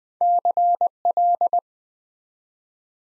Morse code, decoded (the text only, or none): CL